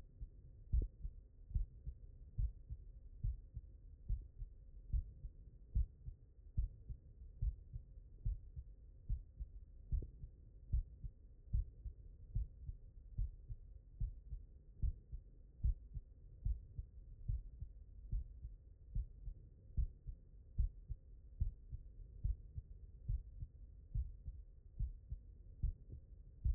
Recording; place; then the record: heart sounds by stethoscope; mitral valve (MV)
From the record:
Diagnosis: non-HFrEF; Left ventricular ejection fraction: 67%